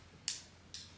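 The magnetized end of a charging cable is placed on the two contact dots on the back of a PARSONVER PSLD1 smartwatch. It snaps on by magnet with a sharp, bright click at 0.3 s, followed by a softer second tick at 0.7 s. The connector is seated.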